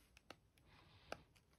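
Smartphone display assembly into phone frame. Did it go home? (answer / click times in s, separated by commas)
no / none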